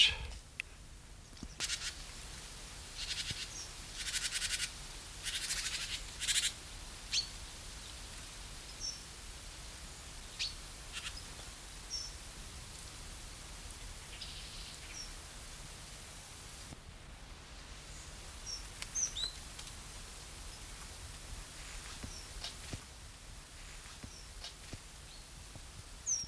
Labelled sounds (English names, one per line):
Common Chiffchaff